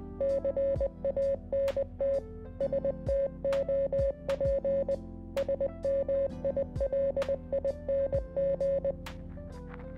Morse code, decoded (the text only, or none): CANT STOP SMILING